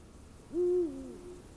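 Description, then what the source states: Eurasian eagle-owl giving a single deep hoot, steady then dropping slightly in pitch at the end, with quiet background. Featured as the nature sound of the week, presented by Juha Laaksonen.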